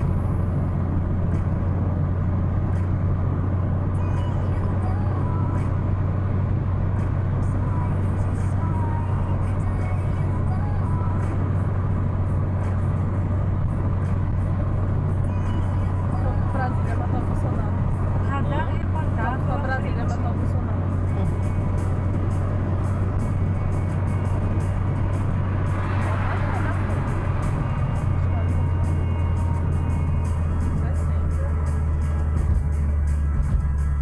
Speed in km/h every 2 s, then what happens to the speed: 83, 85, 86, 86, 86, 86, 85, 85, 85, 85, 84, 85, 86, 86, 78, 73, 62.
0-26 steady at about 85. 26-34 slows to 62.